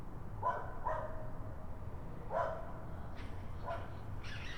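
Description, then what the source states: Raccoon calls: a run of short yipping notes, some in quick pairs, spaced irregularly, with hissy noise near the end and low background rumble. More than one raccoon.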